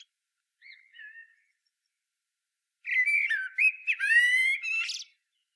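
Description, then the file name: Common blackbird calls: two faint thin notes, then after a pause a louder run of rich, harmonic, slightly harsh notes that rise at the end. "Turdus merula"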